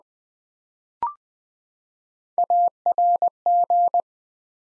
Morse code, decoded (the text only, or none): ARG